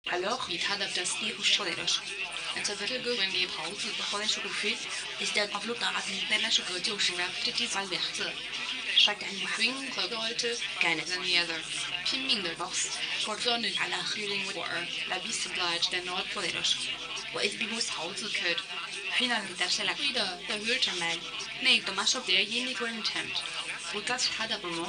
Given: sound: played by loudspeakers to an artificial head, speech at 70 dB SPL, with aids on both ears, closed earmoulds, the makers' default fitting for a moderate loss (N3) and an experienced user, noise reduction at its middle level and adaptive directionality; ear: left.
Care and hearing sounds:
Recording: speech test signal (ISTS) in cocktail-party noise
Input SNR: +9 dB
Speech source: on the right (90 degrees)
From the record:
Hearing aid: class 2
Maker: A

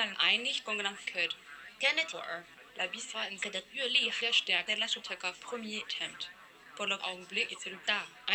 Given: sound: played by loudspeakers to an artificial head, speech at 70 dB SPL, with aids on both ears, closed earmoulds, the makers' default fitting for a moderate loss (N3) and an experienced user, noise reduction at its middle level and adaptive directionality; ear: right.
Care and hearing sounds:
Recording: speech test signal (ISTS) in cocktail-party noise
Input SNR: +6 dB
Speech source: in front (0 degrees)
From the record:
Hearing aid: class 1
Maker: I

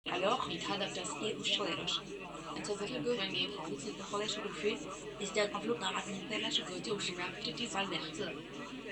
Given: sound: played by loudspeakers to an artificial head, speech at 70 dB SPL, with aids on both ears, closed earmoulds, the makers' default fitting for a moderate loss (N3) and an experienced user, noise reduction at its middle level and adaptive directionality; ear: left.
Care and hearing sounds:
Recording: speech test signal (ISTS) in cocktail-party noise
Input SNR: +3 dB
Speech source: on the right (90 degrees)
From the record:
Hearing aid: class 1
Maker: C

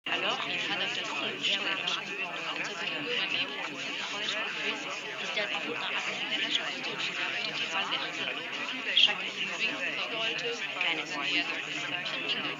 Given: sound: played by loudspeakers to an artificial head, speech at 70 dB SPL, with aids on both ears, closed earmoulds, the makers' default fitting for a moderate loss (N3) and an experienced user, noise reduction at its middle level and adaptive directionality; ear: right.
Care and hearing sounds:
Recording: speech test signal (ISTS) in cocktail-party noise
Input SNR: -6 dB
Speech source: in front (0 degrees)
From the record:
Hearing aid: class 1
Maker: G

